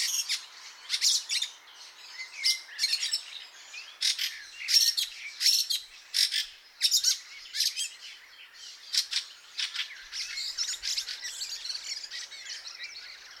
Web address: chant xeno-canto grive litorne